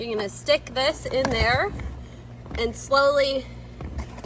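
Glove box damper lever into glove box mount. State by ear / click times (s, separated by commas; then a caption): seated / 3.8 s, 4.2 s. On a 2019 VW Jetta (MQB), the plastic glove box damper lever and its small gear are refitted, then the lever is pushed slowly up into its mount in the glove box while someone talks. Faint clicks at 3.8 s and 4.2 s mark the damper lever clicking into place, seated.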